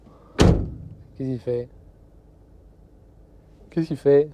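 A van's rear cargo door is closed from inside the cargo area, which has no inside handle, and shuts with a single thunk at 0.4 s as the latch catches and the door locks. Someone talks afterward.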